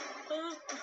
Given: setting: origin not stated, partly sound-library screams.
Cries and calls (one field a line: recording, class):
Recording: one-second piece from a danger detection set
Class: woman in danger